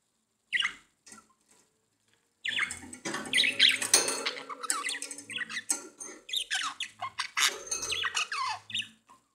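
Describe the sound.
Budgerigar chatter: a few isolated chirps, then after a pause a long stretch of dense scratchy warbling and clicking notes.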